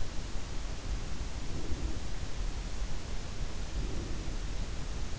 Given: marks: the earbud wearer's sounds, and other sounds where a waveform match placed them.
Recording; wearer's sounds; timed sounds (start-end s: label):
sounds in sleep by an in-ear microphone; breath
1.26-2.37 s: breath
3.70-4.59 s: breath